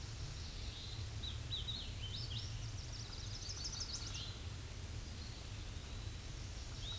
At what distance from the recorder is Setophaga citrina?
about 65 m